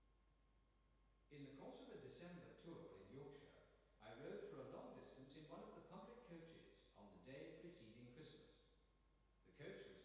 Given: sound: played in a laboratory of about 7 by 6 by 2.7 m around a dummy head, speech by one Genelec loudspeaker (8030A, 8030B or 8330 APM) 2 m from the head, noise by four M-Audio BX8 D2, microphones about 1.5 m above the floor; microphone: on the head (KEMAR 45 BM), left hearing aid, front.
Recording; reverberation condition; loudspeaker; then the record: male speech in English; high; 30 degrees to the right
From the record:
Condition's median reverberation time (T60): about 1300 ms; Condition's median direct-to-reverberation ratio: about -4.0 dB